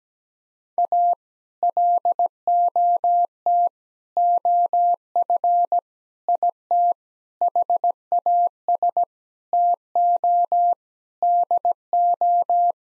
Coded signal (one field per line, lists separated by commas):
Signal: Morse code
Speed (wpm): 17 wpm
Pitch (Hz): 700 Hz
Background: none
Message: A LOT OF IT HAS TO DO